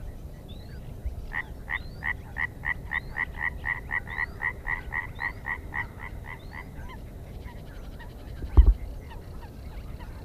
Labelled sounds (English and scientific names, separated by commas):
Spotted Crake (Porzana porzana)